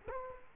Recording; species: mosquito wingbeat signal from an infrared sensor; Culex quinquefasciatus